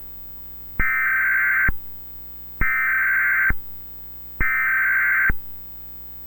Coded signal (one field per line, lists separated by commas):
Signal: Emergency Alert System (SAME) tones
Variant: header bursts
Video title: "WYPT-TV" Monthly EAS Test (02/29/2012)